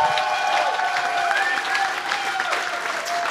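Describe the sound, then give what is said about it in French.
An audience breaks into steady, dense applause, many hands clapping at an even level throughout, with a few faint voices mixed in, applauding the news that the Energy East pipeline project had been abandoned. “Ouais, je pense qu'on peut s'applaudir parce que je suis persuadé que c'est grâce à la persévérance de militants, d'environnementalistes, de scientifiques, bref, de la population civile québécoise qui ne voulait pas d'un projet bâclé”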